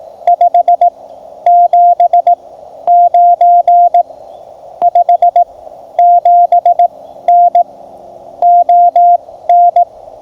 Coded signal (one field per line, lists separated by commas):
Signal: Morse code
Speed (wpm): 18 wpm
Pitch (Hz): 700 Hz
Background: radio noise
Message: 579 57N ON